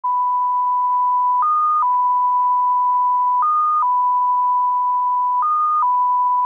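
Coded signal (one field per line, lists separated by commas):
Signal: numbers station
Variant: XPA2 polytone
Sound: continuous 1 kHz tone, rising briefly higher for 0.4 s every 2 s, 3 times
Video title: XPA2, 2120z 13538 kHz, Message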